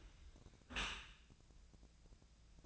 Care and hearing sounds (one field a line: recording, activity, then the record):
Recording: daily activity, microphone in the room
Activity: close dishwasher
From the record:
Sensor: 2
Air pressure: 1000.4 hPa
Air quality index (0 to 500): 164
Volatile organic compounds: 3 ppm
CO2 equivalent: 1358 ppm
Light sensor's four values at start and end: 11/31/12/14 and 11/31/12/14